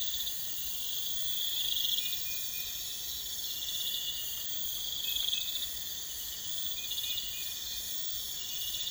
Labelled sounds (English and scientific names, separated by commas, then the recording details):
none
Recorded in pastures near Puerto Asís, Putumayo, Colombia, on 26 December 2024 at 04:00
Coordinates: 0.472, -76.329
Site G072